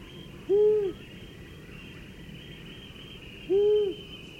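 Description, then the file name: Long-eared owl hooting twice: a short, low, moaning hoo, then silence, then the same note again three seconds later, with a steady faint hiss behind. "Gufo Comune"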